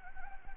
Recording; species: mosquito wingbeat signal from an infrared sensor; Anopheles gambiae